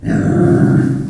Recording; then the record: squeal of a Yucatan mini pig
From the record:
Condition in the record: after surgery on the right vocal fold (resection and tissue-engineered implant); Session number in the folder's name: 2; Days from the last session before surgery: 18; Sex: female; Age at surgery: 19 weeks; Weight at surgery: 25 kg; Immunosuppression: prednisolone